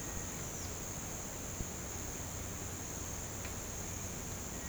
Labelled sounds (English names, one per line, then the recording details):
none
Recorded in pastures near Puerto Asís, Putumayo, Colombia, on 19 March 2025 at 07:00
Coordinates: 0.472, -76.329
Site G074